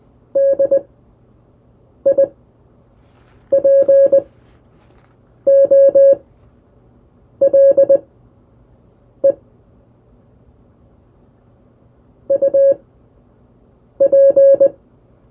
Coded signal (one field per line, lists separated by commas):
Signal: Morse code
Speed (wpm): 20 wpm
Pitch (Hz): 550 Hz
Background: none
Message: DIPOLE UP